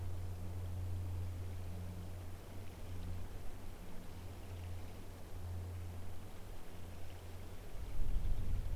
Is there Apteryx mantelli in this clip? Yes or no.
no